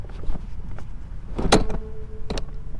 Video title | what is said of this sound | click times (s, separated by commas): BRK Robotics Clio 2 İsofix Aparatı | Evet çıtır çıtır dedi bakın kilitlendi sabitlendi kaldı | 1.5 s, 2.3 s, 2.4 s